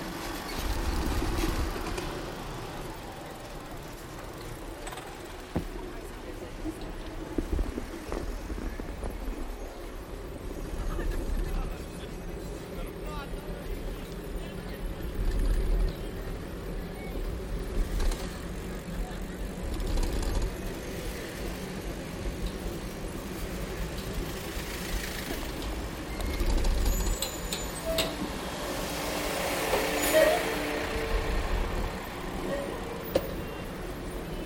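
A bicycle ride through central Bogotá: a steady low traffic rumble with passing vehicles, occasional voices, and a brighter hiss swelling around thirty seconds.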